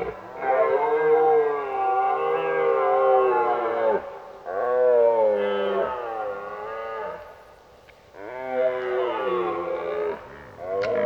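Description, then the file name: Red deer roaring: three long, powerful, gravelly bellows of a few seconds each, separated by short pauses, with another starting at the end. During the rut, while driving the herd. "Burlen 04 drijven"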